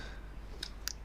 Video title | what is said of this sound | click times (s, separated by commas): Audi A4 (B6 model) CV Joint Replacement | that's it you can hear the click click ity click | 0.6 s, 0.9 s